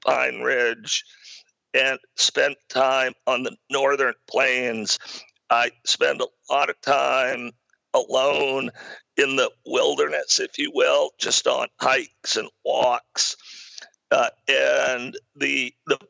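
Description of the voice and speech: Adult man speaking with a rare acquired voice disorder, present for about a decade, audible in his voice as he speaks.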